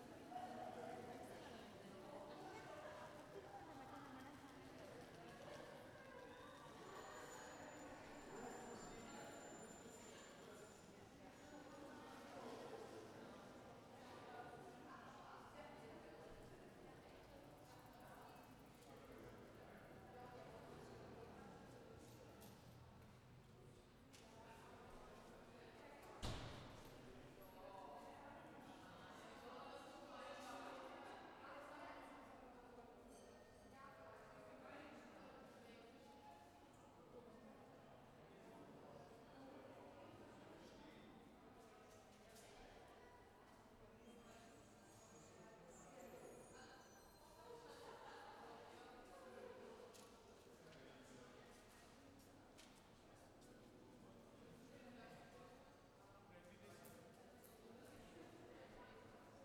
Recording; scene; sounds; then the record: everyday scene through a hearing-aid microphone; reverberant space; background noise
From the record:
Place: railway station hall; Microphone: behind the ear, left, rear